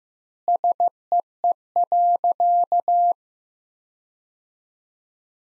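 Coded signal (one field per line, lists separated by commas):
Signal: Morse code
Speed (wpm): 16 wpm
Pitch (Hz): 700 Hz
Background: none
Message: SEE.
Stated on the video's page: Morse practice: sentences built from the top 100 words at 15 wpm with double word-spacing, a word-based Farnsworth-like approach.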